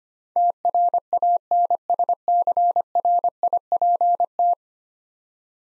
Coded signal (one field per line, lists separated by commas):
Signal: Morse code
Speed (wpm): 25 wpm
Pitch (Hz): 700 Hz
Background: none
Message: TRANSCRIPT